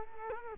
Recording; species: mosquito wingbeat signal from an infrared sensor; Culex quinquefasciatus